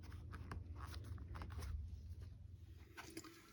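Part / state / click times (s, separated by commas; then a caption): wiring harness connector into high-mount brake light assembly / seated / 0.5 s. A wiring harness connector is pushed onto the high-mount third brake light assembly of a 2021-2026 Toyota Sienna. Amid scraping and handling noise, a quiet latch click is heard at 0.5 seconds as the connector seats. Someone talks during the clip.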